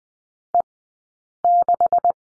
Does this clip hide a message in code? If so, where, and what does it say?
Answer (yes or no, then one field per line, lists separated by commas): yes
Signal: Morse code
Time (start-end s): 0.5-2.1 s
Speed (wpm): 20 wpm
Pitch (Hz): 700 Hz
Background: none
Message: E6